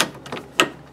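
On a Logan lathe, the collet closer lever is pulled so its steel cams push out against the drive plate. After a sharp tick at the start and a few faint ticks around 0.3 s, a loud, sharp click at 0.6 s marks the lever snapping over center. The collet closer is seated in its locked position.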